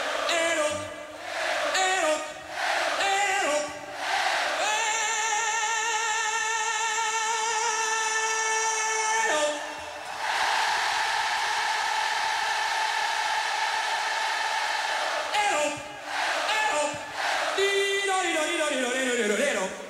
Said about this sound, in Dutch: Geweldig om te horen hoe hij hier het publiek bespeelt in Wembley met zijn bekende EO. Ja, briljant hoor.